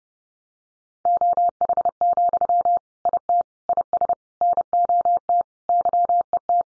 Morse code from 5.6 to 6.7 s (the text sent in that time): YET